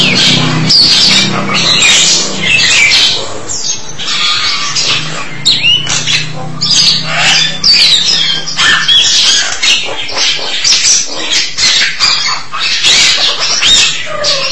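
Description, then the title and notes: Starling singing a long run of harsh, crackling chatter and squeaks, with a low droning hum in the background through the first part. "suara burung jalak"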